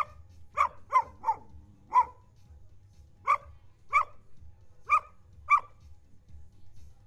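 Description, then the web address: Dog barking: a quick run of four sharp barks, then four more spaced roughly a second apart, over a low steady hum. In nature on Zakynthos. "allathangok termeszetben kutya zakynthos"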